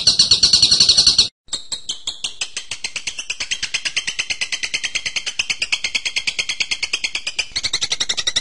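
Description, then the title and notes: Bird song: a brief buzzy chatter, a short gap, then a long steady series of crisp repeated notes. Masteran: a birdsong training recording. "MASTERAN BURUNG. suarane manok"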